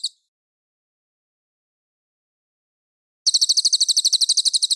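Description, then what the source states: Mangrove whistler: a brief trailing note, silence for about three seconds, then a burst of fast, sharp, high-pitched trilled notes at the close. Song described as clear.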